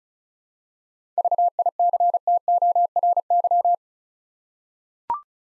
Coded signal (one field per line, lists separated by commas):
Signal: Morse code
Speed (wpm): 36 wpm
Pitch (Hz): 700 Hz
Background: none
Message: VICTORY